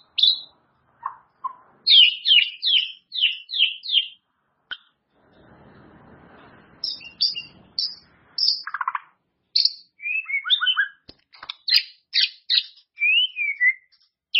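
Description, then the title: White-rumped shama song of varied sweet whistles, slurred chirps and rapid warbled phrases, broken by short pauses and a soft hiss midway. "murai batu"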